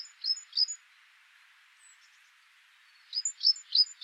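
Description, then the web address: Great tit giving two high descending notes, a quiet gap, then four more similar notes, each preceded by a thin high tick. "SETE data Parus major"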